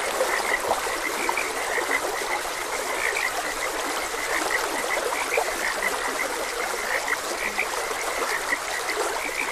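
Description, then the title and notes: Frogs croaking in clusters of sharp notes, with the constant hiss of flowing water. Frogs croaking beside a gentle stream. "Frogs Croaking. Sleep and Relaxation Podcast"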